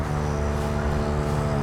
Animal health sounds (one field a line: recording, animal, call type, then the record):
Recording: contact call of a hoofed animal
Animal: cattle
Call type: low-frequency (closed-mouth) or high-frequency (open-mouth) call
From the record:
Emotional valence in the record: negative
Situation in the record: physical separation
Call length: 1.62 s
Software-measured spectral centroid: 2030 Hz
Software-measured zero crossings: 1210 a second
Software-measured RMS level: -24 dBFS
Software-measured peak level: -11 dBFS